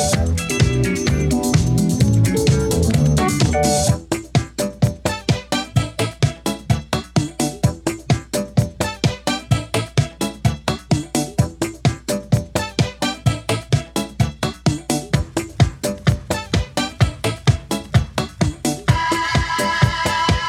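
Dance music plays at the bumper cars, opening with about four seconds of thick, blurred low tones. Then a steady, fast beat takes over, with regular punchy hits and bright busy layers running throughout. Near the end the beat drops away, leaving sustained high tones.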